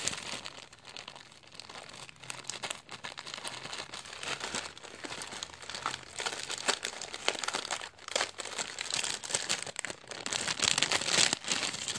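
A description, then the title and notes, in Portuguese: Someone making a keychain: continuous crinkling and crackling handling noises, growing busier and brighter toward the end. Fazendo um chaveiro. Gravo uma produção de um chaveiro especial.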